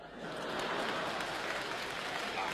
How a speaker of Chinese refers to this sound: 哎呀，你听听这掌声啊，这多好，观众喜欢呐！